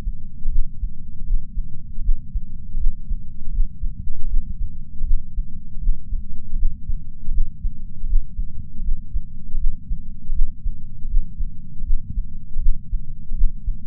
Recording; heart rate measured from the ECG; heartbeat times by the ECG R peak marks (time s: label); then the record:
heart sounds by patch sensor on the chest; 79 bpm
0.50 s: heartbeat
1.25 s: heartbeat
2.03 s: heartbeat
2.78 s: heartbeat
3.51 s: heartbeat
4.28 s: heartbeat
5.05 s: heartbeat
5.80 s: heartbeat
6.57 s: heartbeat
7.32 s: heartbeat
8.07 s: heartbeat
8.83 s: heartbeat
9.58 s: heartbeat
10.33 s: heartbeat
11.08 s: heartbeat
11.85 s: heartbeat
12.60 s: heartbeat
13.35 s: heartbeat
From the record:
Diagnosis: coronary artery disease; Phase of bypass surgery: postoperative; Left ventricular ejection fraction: 56.9%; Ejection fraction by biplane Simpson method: 47.5%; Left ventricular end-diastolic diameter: 47 mm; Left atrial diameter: 37 mm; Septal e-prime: 6 cm/s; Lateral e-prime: 7.9 cm/s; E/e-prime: 12.2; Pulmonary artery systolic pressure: 37 mmHg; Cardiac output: 5.2 L/min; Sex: female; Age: 68 years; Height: 161 cm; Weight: 66.6 kg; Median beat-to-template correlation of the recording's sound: 0.94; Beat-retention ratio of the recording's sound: 0.98